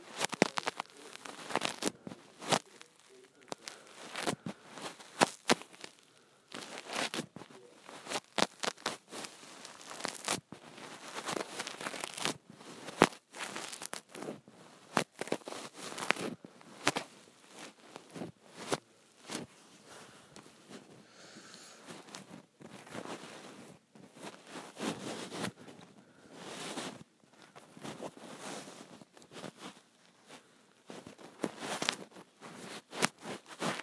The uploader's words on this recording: ASMR Satisfying Scrunchie Sounds.